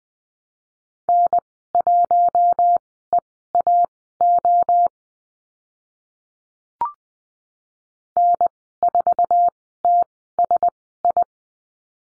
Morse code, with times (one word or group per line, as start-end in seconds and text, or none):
1.1-4.9 N1EAO
8.2-11.2 N4TSI